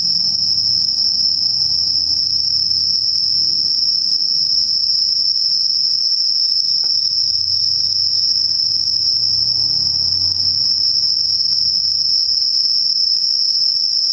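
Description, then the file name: Insects trilling steadily at a high pitch, with a faint low rumble and a single soft click midway. Night insects; recorded at night, dated 12 September 2023. "yorunomushi 230912"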